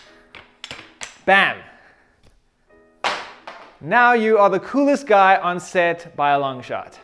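The leg release latch on the metal base of a Kupo 40" Master C-stand is worked by its quick-release mechanism so the legs open, and the latch snaps open with a sharp hit at 0.6 s. A few lighter taps follow near 0.7 s and 1.0 s, another knock comes around 3.5 s, and someone talks through the rest of the clip.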